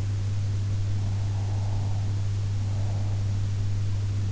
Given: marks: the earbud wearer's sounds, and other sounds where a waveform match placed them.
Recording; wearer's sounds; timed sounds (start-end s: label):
sounds in sleep by an in-ear microphone; breath
1.32-3.35 s: breath